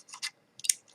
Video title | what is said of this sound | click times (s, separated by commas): Unboxing Canon Powershot S110 - AND 1st LOOK | going to click in like that underneath and you'll know when it's the right way | 0.7 s